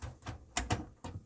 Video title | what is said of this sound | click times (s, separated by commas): Upgrade your computer, old man style | line it up and just give it a push and I'm gonna click right into place | 0.6 s